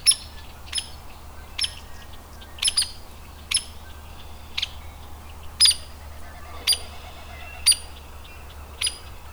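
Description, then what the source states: Hairy woodpecker giving a series of sharp peek calls, some doubled, over a low hum. Adult bird.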